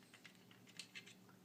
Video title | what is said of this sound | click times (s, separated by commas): TRANSFORMERS Takara Ultra Magnus Masterpiece Series MP 22 Unboxing & Review | okay yeah it snaps in into his hand that's cool it's got a spot | 0.8 s